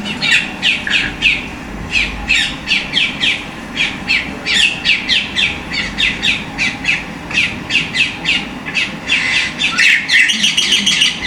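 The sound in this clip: Bird calls: rapid series of sharp chirps in an uneven rhythm, continuing throughout with a denser burst near the end.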